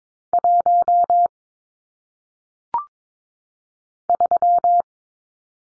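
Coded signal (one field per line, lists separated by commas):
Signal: Morse code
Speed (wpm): 22 wpm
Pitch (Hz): 700 Hz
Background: none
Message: 1 3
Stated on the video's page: Morse practice drill of single-digit numbers sent at 22 wpm for head-copy.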